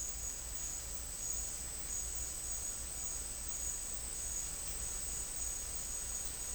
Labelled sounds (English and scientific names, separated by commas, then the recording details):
none
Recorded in secondary vegetation near Puerto Asís, Putumayo, Colombia, on 20 December 2024 at 11:30
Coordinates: 0.484, -76.319
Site GP06